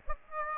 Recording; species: mosquito wingbeat signal from an infrared sensor; Aedes aegypti